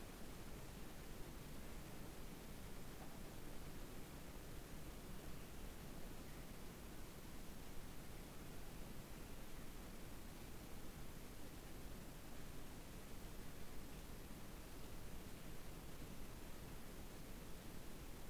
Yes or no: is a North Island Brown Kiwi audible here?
no